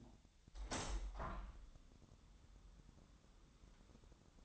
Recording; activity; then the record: daily activity, microphone in the room; open window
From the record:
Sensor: 3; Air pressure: 1006.5 hPa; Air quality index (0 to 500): 198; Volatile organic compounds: 15 ppm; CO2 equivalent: 2521 ppm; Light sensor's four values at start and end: 10/23/10/9 and 10/24/10/10